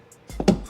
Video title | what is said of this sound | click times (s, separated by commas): How To Install A Flow Designs Rear Diffuser On Your 2020 WRX | and then that clicked in | 0.5 s